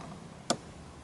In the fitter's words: Sambil bunyi klik. Oke,